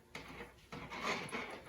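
The arm piece of a snare-handling tool is slid onto the tool along with another part before being squeezed so it pops into its mount. Short scraping and rubbing handling sounds are heard, with sharp onsets at about 0.1 s and 0.7 s. Nothing has seated or clicked yet by the end of the clip.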